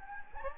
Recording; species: mosquito wingbeat signal from an infrared sensor; Anopheles gambiae